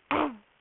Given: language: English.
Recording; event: throat vibration sensor signal played as sound; throat clearing